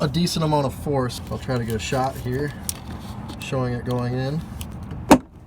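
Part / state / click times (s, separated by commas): windshield washer pump into washer fluid reservoir / seated / 4.6 s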